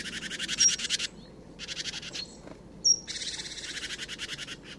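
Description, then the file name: Great tit harsh, buzzy churring calls in pulsed bursts from under a second to nearly two seconds long, separated by short gaps, with a few thin high whistled notes. "Parus major"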